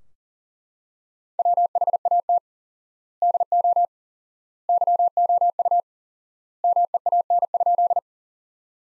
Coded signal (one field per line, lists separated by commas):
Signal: Morse code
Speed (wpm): 40 wpm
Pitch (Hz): 700 Hz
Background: none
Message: WHAT DO YOU MEAN?